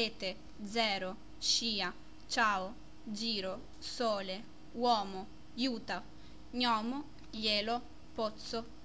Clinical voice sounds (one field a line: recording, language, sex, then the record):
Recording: read list of words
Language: Italian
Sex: female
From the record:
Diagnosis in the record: healthy control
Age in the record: 20 years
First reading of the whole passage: 47 s, 11.1 characters per second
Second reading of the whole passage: 49 s, 10.5 characters per second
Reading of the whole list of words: 45 s, 6.2 characters per second